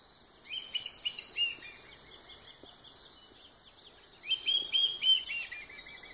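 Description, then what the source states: Common Black Hawk calling: two bursts of several rapid, high, piping whistled notes, separated by a quieter pause of a few seconds. Call; southeast Arizona.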